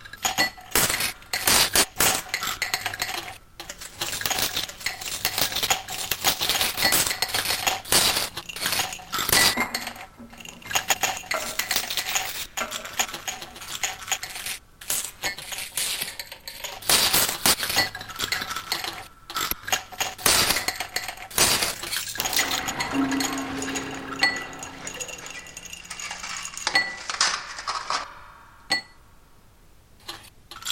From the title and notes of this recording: Another January evening, another recording of ice rattling in glasses. I chopped small sections out of the recording of the ice cubes [& bevarage] and set them to rattle away in a more or less randomised pattern at 108bpm. I processed it further in audiomulch - making a couple grittier/degraded versions.